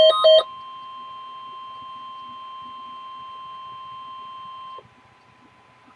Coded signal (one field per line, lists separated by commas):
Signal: Emergency Alert System (SAME) tones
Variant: 1050 Hz attention tone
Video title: Severe Thunderstorm Warning (EAS #1076)